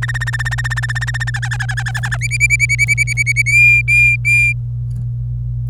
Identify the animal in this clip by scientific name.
Serinus canaria